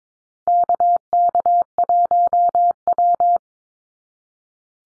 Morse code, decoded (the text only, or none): KK1W